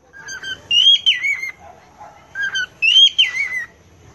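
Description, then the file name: Cockatiel giving two melodic whistled phrases, a short note then a rising and falling warble, with a soft low murmur between them. "Canto da Calopsita"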